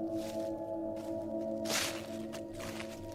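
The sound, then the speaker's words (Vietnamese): Irregular crunching, rustling steps, as someone walks slowly over dry leaves in the garden behind a house, with a few sharper bursts over a steady low humming drone. “Bỗng nhiên ông giật mình vì vườn cây đằng sau nhà của ông chuyển đến tiếng bước chân người dẫm vào lá khô cứ sột xà sột soạt.”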